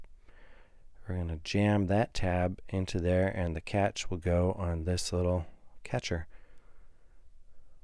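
A Shad motorcycle top case is positioned onto the luggage rack mounting plate of a BMW G310GS, with its front tab going into the rack slot and the catch lining up with the rear catcher. Someone talks throughout over faint handling noise. Nothing has seated or clicked yet.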